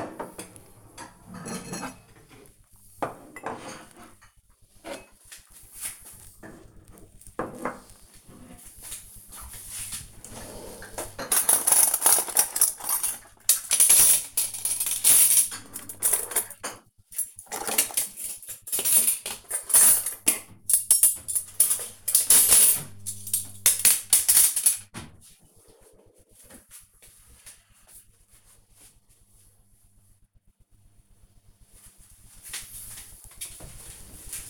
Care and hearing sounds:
household activities, microphone on the right wrist
32.95-34.50 s: putting away the dishes

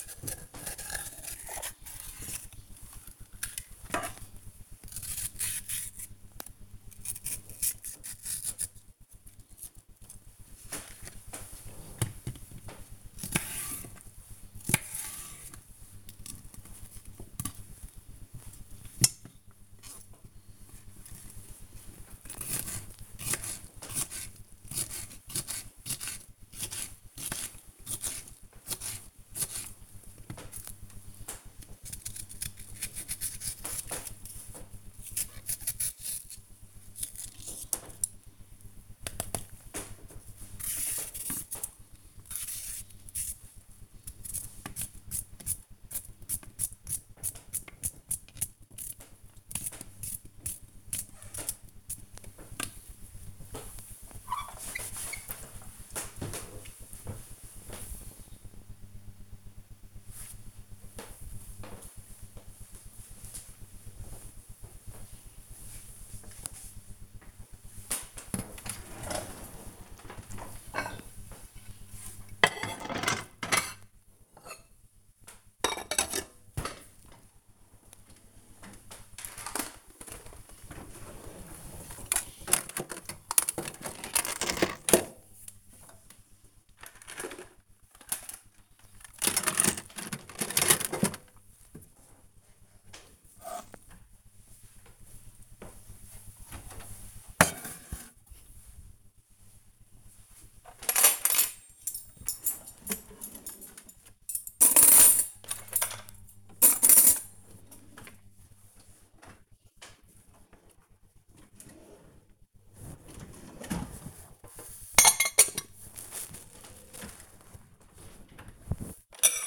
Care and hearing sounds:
household activities, microphone on the right wrist
0.00-53.04 s: cutting vegetables
67.18-119.47 s: putting away the dishes

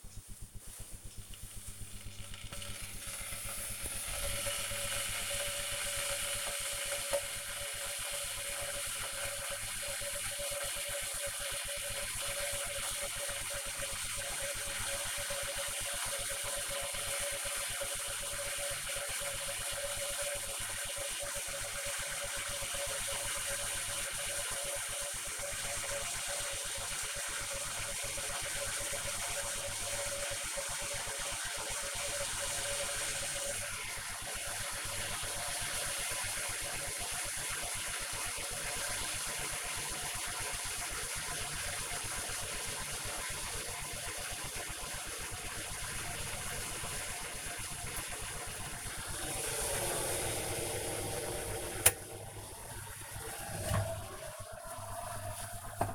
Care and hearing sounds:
household activities, microphone on the right wrist
0.00-55.95 s: making tea

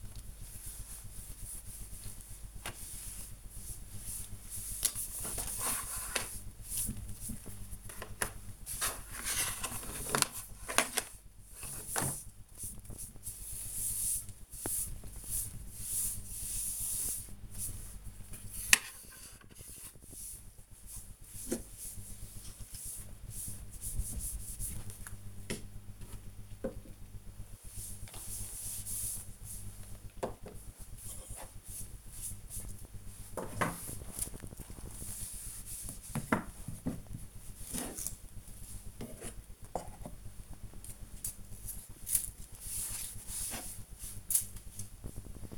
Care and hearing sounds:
household activities, microphone on the right wrist
0.00-45.57 s: dusting furniture

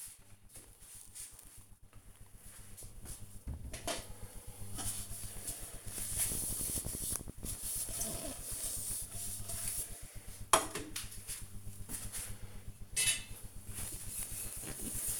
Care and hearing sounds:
household activities, microphone on the right wrist
0.00-15.20 s: cleaning out the dishwasher

